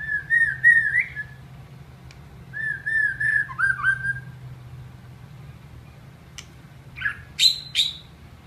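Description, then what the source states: White-rumped shama song: wavering whistled phrases with quick upward flicks, repeated twice, then a pause and a few sharp, piercing high notes; steady low hum throughout. Masteran training song.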